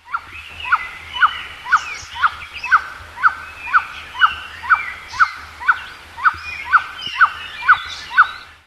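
Bird calls: a sharp, downslurred note repeated steadily about twice a second, with other birds chattering and whistling faintly behind.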